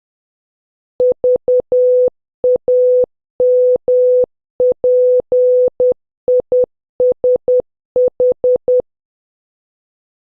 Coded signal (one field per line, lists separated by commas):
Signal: Morse code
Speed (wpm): 10 wpm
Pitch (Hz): 500 Hz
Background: none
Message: VAMPISH